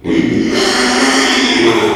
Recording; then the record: squeal of a Yucatan mini pig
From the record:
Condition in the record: after surgery on the right vocal fold (resection and tissue-engineered implant); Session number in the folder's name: 2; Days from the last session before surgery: 13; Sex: male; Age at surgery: 12 weeks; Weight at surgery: 13 kg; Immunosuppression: cyclosporine, prednisolone